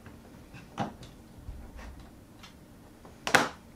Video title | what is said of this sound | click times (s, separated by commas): Mac Mini 2011 SSD Upgrade Kind of try | da schieben wir das mainboard wieder zurück an seine position bis einrastet | 3.3 s